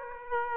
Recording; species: mosquito wingbeat signal from an infrared sensor; Aedes aegypti